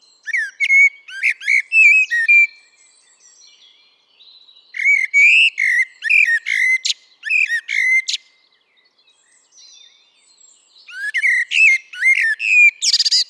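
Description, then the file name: Common blackbird song in three separate bursts: rich warbled whistles broken by high, scratchy trills, with pauses of a few seconds between them. "Turdus merula"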